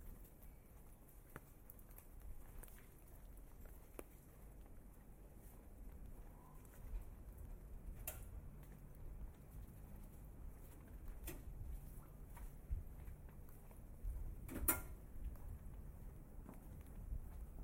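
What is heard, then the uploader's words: A walk through the streets of Tokyo, Japan, carried by a steady low rumble of traffic and wind. Sharp ticks and taps break in every few seconds, with a louder crackling burst near the fifteenth second. Walking in the streets of Tokyo, Japan.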